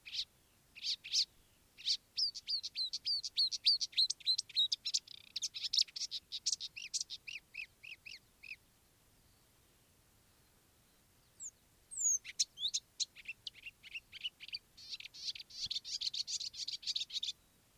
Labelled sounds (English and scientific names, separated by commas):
Marsh Warbler (Acrocephalus palustris)